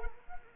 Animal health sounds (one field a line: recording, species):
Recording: mosquito wingbeat signal from an infrared sensor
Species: Culex quinquefasciatus